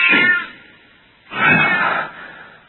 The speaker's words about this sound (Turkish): Kediye basmışım.